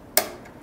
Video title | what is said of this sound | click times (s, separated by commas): Sew Creative Live - National Sewing Machine Day! ONE DAY ONLY!! | you'll hear a pop letting you know that it's locked right into place so again super simple | 0.2 s